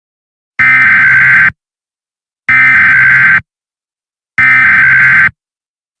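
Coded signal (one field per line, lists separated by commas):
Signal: Emergency Alert System (SAME) tones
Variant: header bursts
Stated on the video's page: Fictional EAS scenario with valid EAS tones.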